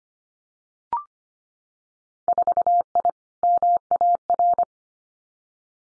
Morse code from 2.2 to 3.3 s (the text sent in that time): 4I